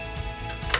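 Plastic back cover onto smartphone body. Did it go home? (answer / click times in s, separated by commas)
no / none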